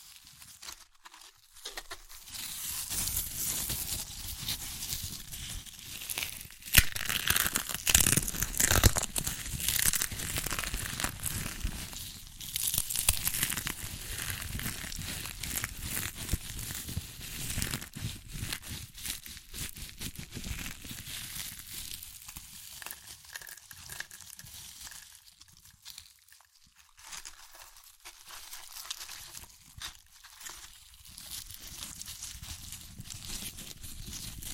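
Crunchy chips being crushed and crinkled in dense, irregular bursts, loudest around seven to ten seconds, easing into softer rustling near the end.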